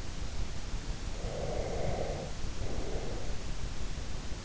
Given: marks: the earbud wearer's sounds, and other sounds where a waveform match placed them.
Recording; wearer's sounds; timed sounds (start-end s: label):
sounds in sleep by an in-ear microphone; breath
1.00-3.66 s: breath